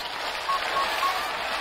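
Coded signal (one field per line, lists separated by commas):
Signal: none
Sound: racing game's timer beeps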